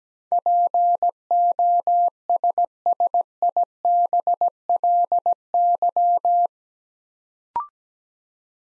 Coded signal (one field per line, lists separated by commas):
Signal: Morse code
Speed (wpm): 17 wpm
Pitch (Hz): 700 Hz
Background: none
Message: POSSIBLY